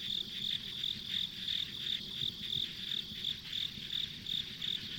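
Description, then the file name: Shrill insect chirps pulsing steadily about three times per second above a constant high whine, a dense chorus with nothing else prominent. Ambient insect sounds recorded along a rural country road. "田舎道の虫の環境音"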